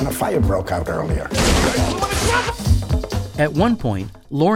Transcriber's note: soundbite of water splashing